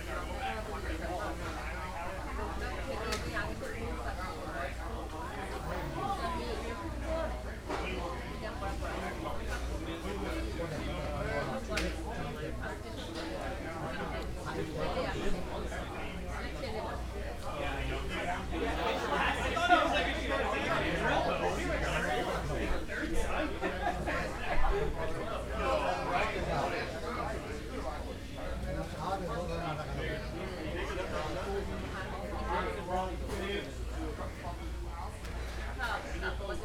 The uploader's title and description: lunch at the busy market. At a busy market diners enjoy lunch and chatter while cooks make delicious food